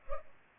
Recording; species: mosquito wingbeat signal from an infrared sensor; Culex pipiens